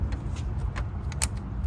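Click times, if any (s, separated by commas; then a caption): 1.2 s. On a 2003 BMW 330i, the first coolant hose's quick-connect fitting, with its clamp closed, is pushed onto the port of the plastic thermostat housing over a steady low hum, with a few faint taps and rustles along the way. A sharp, short click at 1.2 s marks the fitting snapping home, and the hose is seated.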